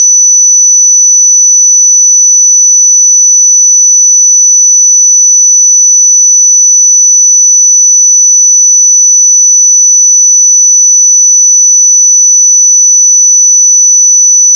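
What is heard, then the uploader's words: A pure sine tone at 5970 Hz holds perfectly steady for the whole fifteen seconds, a single thin, bright, high pitch. Loudness stays constant from start to finish, with no pauses, wavering or background sound. 5970 Hz 1 Hz Interval Sine Pure Tone Frequency 441000 Sample Mono.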